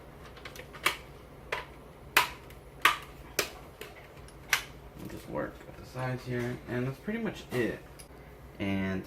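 Plastic screen bezel side clips on a Lenovo ThinkPad Edge E550 15.6-inch laptop are pressed along the sides so they snap into the display lid one after another. Sharp clicks are heard at 0.9, 2.2, 2.9, 3.4 and 4.5 seconds, and then someone talks. The bezel clips are seated.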